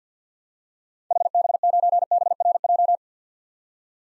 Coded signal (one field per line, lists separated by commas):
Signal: Morse code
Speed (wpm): 50 wpm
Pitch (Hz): 700 Hz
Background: none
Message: HB9BRJ